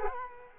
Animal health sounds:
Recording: mosquito wingbeat signal from an infrared sensor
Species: Culex quinquefasciatus

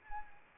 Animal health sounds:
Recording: mosquito wingbeat signal from an infrared sensor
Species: Anopheles arabiensis

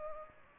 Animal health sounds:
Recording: mosquito wingbeat signal from an infrared sensor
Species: Culex pipiens

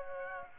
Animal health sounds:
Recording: mosquito wingbeat signal from an infrared sensor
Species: Aedes aegypti

